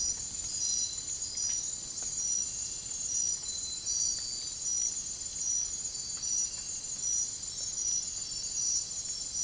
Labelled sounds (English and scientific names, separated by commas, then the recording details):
none
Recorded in dense forest near Puerto Asís, Putumayo, Colombia, on 23 June 2025 at 04:00
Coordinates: 0.503, -76.323
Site G059